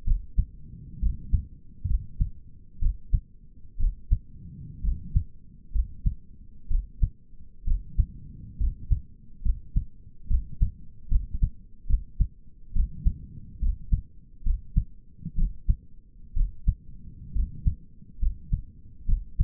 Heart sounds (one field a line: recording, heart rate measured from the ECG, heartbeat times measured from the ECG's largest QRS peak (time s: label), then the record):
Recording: heart sounds by stethoscope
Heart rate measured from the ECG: 66 bpm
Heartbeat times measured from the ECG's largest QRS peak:
0.06 s: heartbeat
1.02 s: heartbeat
1.89 s: heartbeat
2.81 s: heartbeat
3.79 s: heartbeat
4.84 s: heartbeat
5.74 s: heartbeat
6.70 s: heartbeat
7.67 s: heartbeat
8.59 s: heartbeat
9.44 s: heartbeat
10.29 s: heartbeat
11.10 s: heartbeat
11.89 s: heartbeat
12.75 s: heartbeat
13.61 s: heartbeat
14.45 s: heartbeat
15.37 s: heartbeat
16.36 s: heartbeat
17.35 s: heartbeat
18.21 s: heartbeat
19.08 s: heartbeat
From the record:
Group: healthy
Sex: male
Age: 22 years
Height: 181 cm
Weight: 79 kg